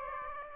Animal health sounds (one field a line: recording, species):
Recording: mosquito wingbeat signal from an infrared sensor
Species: Aedes aegypti